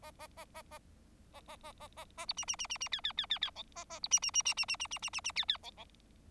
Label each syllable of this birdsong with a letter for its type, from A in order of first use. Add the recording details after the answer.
A A A A A A A A A A A B C C C C C D D D D D E A A B C C C C C C C C C C C D D E E. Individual Bird4